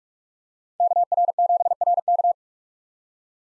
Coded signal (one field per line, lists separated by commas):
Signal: Morse code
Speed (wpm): 46 wpm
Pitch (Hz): 700 Hz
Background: none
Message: KR7RK